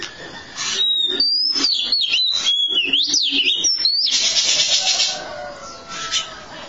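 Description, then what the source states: Oriental magpie-robin song: a rapid run of wavering high whistles lasting about three seconds, followed by hissing noise and a faint low tone. Long-duration song.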